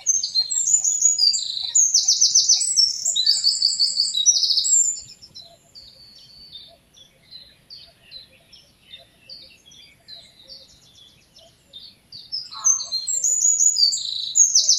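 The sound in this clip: Eurasian wren: a loud, rapid trilling song for five seconds, a long lull with faint chirps, then another vigorous high phrase begins.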